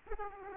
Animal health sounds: mosquito wingbeat signal from an infrared sensor; Aedes aegypti

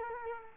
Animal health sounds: mosquito wingbeat signal from an infrared sensor; Culex quinquefasciatus

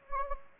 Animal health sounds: mosquito wingbeat signal from an infrared sensor; Anopheles gambiae

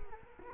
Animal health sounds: mosquito wingbeat signal from an infrared sensor; Culex quinquefasciatus

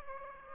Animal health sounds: mosquito wingbeat signal from an infrared sensor; Aedes aegypti

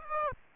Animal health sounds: mosquito wingbeat signal from an infrared sensor; Aedes aegypti

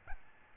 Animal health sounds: mosquito wingbeat signal from an infrared sensor; Aedes albopictus

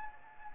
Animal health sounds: mosquito wingbeat signal from an infrared sensor; Anopheles gambiae

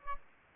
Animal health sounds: mosquito wingbeat signal from an infrared sensor; Aedes albopictus

